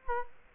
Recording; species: mosquito wingbeat signal from an infrared sensor; Culex quinquefasciatus